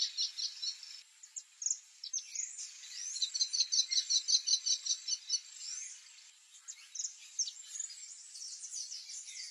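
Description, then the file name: Kestrel giving a run of quick, high, evenly spaced notes midway, with scattered chirps before and after and a steady high hiss. "canto do kestrel"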